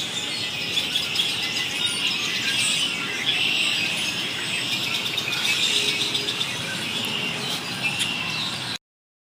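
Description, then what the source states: Many birds twittering and chirping at once, a constant tangle of high, sharp notes that runs steadily until the sound cuts off near the end. Birds calling very noisily and excitedly.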